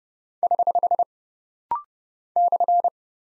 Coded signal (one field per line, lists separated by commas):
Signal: Morse code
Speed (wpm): 30 wpm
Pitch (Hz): 700 Hz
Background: none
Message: <HH> /